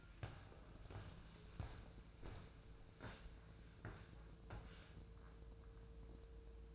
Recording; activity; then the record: daily activity, microphone in the room; walk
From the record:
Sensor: 2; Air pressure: 1005.4 hPa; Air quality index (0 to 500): 98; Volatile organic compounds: 2 ppm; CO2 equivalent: 1188 ppm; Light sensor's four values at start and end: 8/20/8/8 and 8/20/8/8